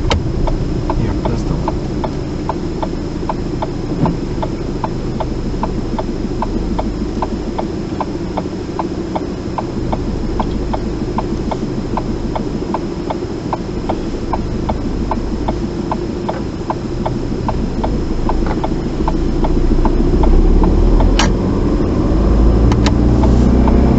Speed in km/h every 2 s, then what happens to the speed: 2, 0, 0, 0, 0, 0, 0, 0, 0, 8, 13, 16.
0-16 standing. 16-21 pulls away to 16.